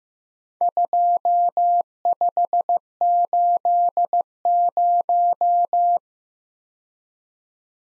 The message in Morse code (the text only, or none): 2580